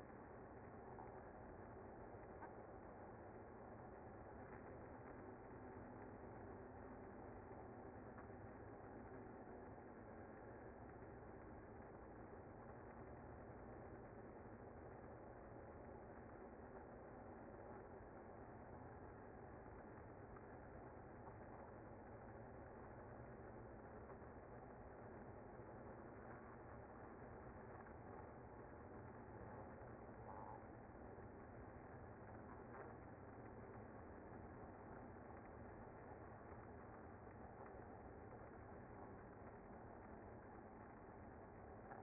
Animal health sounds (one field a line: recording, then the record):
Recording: honeybee colony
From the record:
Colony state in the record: active